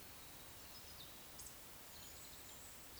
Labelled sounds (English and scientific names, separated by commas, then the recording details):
Eurasian Woodcock (Scolopax rusticola) whistle
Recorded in Baden-Württemberg, Germany, on 19 June 2020 at 19:35 UTC
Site 49006, 684 m above sea level